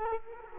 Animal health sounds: mosquito wingbeat signal from an infrared sensor; Culex quinquefasciatus

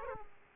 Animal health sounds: mosquito wingbeat signal from an infrared sensor; Aedes aegypti

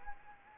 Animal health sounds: mosquito wingbeat signal from an infrared sensor; Anopheles arabiensis

